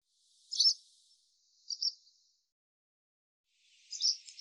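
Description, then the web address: Barn swallow giving three soft, high twittering chirps, two close together and one after a pause, with nothing else audible. "cianscape birddata Deverinetal 2025"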